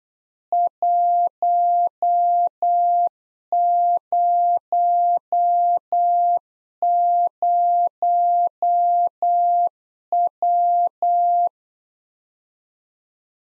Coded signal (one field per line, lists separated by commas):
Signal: Morse code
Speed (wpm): 8 wpm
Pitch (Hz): 700 Hz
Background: none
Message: 100W